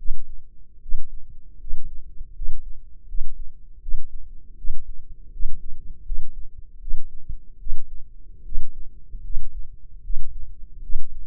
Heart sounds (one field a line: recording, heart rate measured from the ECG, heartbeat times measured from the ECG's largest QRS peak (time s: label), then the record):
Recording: heart sounds by microphone in the left ear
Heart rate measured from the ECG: 78 bpm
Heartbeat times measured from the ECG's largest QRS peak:
0.80 s: heartbeat
1.59 s: heartbeat
2.33 s: heartbeat
3.06 s: heartbeat
3.80 s: heartbeat
4.56 s: heartbeat
5.31 s: heartbeat
6.04 s: heartbeat
6.79 s: heartbeat
7.58 s: heartbeat
8.43 s: heartbeat
9.22 s: heartbeat
10.02 s: heartbeat
10.81 s: heartbeat
From the record:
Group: healthy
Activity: rest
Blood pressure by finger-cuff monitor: 146/83 mmHg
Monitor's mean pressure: 104 mmHg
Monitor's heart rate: 76 bpm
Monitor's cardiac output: 6.9 L/min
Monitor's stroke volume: 90 mL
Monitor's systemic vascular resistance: 1130 dyn s/cm5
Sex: male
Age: 21 years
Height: 180 cm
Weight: 67.5 kg